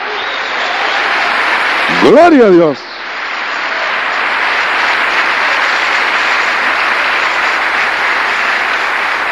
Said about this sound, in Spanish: Un aplauso para él.